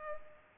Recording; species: mosquito wingbeat signal from an infrared sensor; Culex pipiens